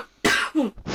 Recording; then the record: coughing mixed with background sound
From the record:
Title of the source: 64 coughing, allergies, singing lungs